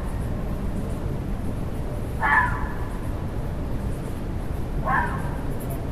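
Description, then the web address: Fox: two fairly faint, hoarse fox barks spaced under three seconds apart, heard over continuous low droning noise. Fox recorded in a forest. "audio bosco volpina"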